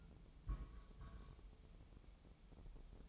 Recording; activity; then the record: daily activity, microphone in the room; place on stove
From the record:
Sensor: 1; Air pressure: 988.3 hPa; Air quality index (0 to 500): 202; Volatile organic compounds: 1000 ppm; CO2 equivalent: 5411 ppm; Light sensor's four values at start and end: 26/97/37/39 and 26/97/37/38